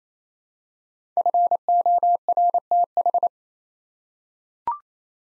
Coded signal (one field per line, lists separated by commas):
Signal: Morse code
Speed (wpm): 27 wpm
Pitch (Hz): 700 Hz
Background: none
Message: FORTH